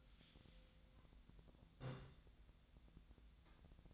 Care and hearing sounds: daily activity, microphone in the room; take from stove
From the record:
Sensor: 3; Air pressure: 1009.9 hPa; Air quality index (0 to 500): 187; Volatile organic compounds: 14 ppm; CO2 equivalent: 2435 ppm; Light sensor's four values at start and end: 41/103/44/48 and 41/103/44/47

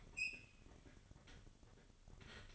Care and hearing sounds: daily activity, microphone in the room; open fridge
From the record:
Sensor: 4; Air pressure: 1008.6 hPa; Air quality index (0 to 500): 72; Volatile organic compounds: 1 ppm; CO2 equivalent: 624 ppm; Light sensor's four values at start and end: 15/34/14/14 and 15/34/14/14

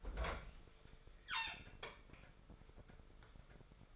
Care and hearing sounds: daily activity, microphone in the room; open fridge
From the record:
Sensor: 5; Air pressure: 1015.1 hPa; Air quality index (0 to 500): 191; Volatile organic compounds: 8 ppm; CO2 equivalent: 2099 ppm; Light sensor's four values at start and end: 88/203/88/98 and 92/211/92/103

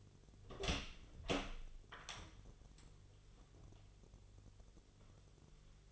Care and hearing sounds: daily activity, microphone in the room; open door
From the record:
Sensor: 4

